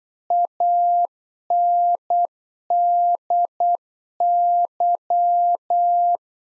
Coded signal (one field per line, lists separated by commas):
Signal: Morse code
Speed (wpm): 8 wpm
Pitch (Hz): 700 Hz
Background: none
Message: ANDY